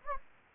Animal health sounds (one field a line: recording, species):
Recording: mosquito wingbeat signal from an infrared sensor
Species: Anopheles gambiae